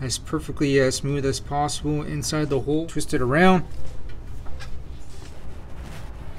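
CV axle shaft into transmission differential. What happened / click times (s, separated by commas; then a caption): The metal shaft is being eased and twisted into place; no seating click yet / none. A driver-side CV axle shaft for a 2005 Corolla is eased smoothly into the transmission differential hole and twisted around, taking care not to disturb the seal. Someone talks for the first three and a half seconds, followed by quiet handling noise and a faint brief knock at about 4.1 s. Nothing has clicked or seated yet.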